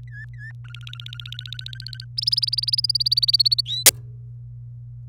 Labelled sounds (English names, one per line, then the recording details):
Domestic Canary song
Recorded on 27 April 2018 at 06:44
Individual llb3